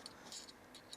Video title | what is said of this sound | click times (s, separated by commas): ソニーα1、α7RIV、α7SIII、α9II対応のLブラケット Smallrig 3207 【日本語字幕あり】 | カチッと固定できるようになっています | 0.1 s, 0.9 s